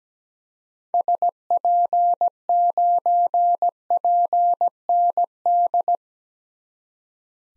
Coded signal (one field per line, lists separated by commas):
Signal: Morse code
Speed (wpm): 17 wpm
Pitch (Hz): 700 Hz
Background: none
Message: SP9PND